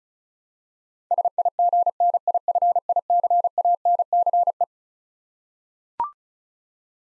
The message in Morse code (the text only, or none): SIGNIFICANCE